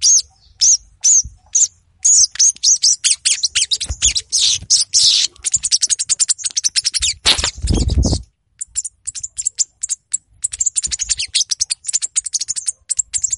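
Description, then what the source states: Little Spiderhunter song: dense run of very high, rapid chips and buzzy notes, broken midway by a short loud rushing noise, then more fast chipping. Vigorous, agitated song (gacor, emosi) used as a lure to call out and provoke rival birds.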